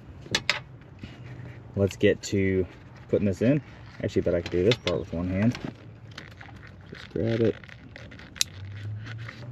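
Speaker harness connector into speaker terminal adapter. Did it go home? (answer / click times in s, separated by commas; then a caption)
yes / 8.4 s. A plastic speaker wire harness connector is plugged by hand into the speaker terminal adapter of a new CT Sounds 6.5 Tropo Series component speaker in the door of a 2007 Tahoe while someone talks. Sharp handling clicks come early, with light rustling and small ticks through the middle. The connector seats with a crisp click at 8.4 s.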